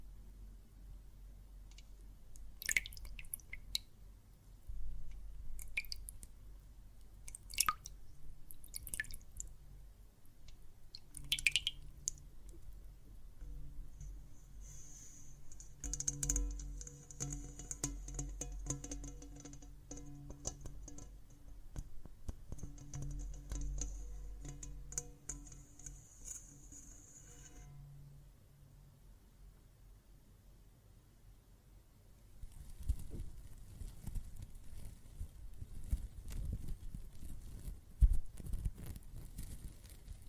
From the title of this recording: Water and Soap Foam Sounds